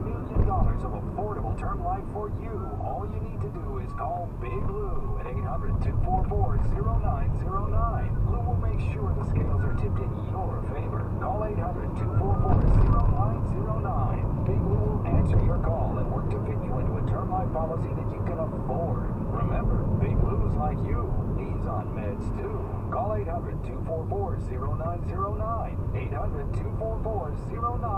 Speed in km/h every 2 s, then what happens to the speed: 47, 39, 26, 23, 29, 35, 44, 47, 47, 48, 47, 39, 32, 31.
0-5 brakes to 23. 5-13 speeds up to 47. 13-20 steady at about 47. 20-23 brakes to 32.